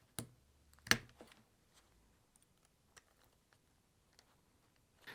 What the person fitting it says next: I could hear a click and it didn't take much force to move it so that is a good sign.